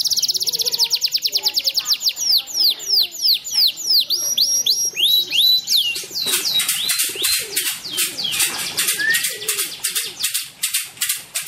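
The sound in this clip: Bird song: a fast run of high, sharply down-slurred whistled notes, several per second, breaking into a dense, buzzy high trill that continues to the end.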